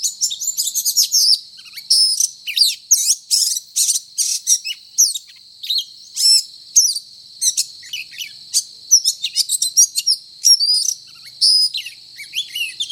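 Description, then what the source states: Oriental magpie-robin song, a rapid, varied stream of high whistles, trills and sweeping notes in dense bursts, over a steady high-pitched hiss. Indonesian name kacer; described as gacor, meaning singing energetically and incessantly.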